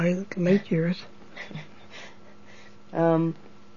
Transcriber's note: giggles